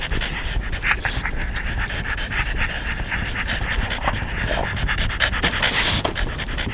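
Dogs pant steadily, a rapid rhythmic stream of breathy, hissing puffs that carries on without pause for several seconds, with no voices present.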